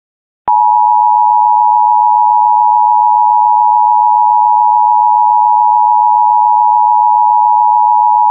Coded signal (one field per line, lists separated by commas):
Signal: Emergency Alert System (SAME) tones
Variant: 853 and 960 Hz attention tone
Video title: Overnight Testing Mania (EAS #534-559) 8/6-7/24